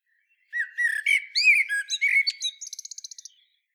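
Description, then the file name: Common blackbird song: a fast sequence of fluted whistles ending in a quick, evenly repeated series of thin high ticking notes. "Turdus merula"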